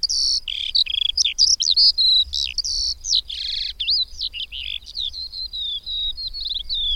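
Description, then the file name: Eurasian skylark pouring out high, rapid song mixing buzzy bursts, warbled whistles and thin trilling notes in a continuous flow. "Mezei pacsirta"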